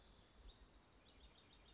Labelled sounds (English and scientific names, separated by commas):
House Wren (Troglodytes aedon)